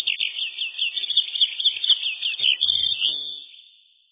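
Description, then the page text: Eurasian skylark singing a fast, unbroken chatter of trilled and warbled notes that fades away at the end. Song described as a long, ringing trill; call a soft 'chrr-ik'. "Полевой жаворонок (Alauda arvensis LINNAEUS, 1758)"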